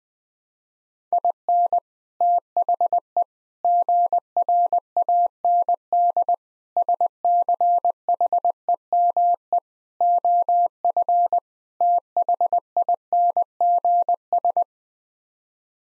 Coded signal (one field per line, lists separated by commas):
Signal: Morse code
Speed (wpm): 20 wpm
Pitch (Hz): 700 Hz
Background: none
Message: IN THE GRAND SCHEME OF THINGS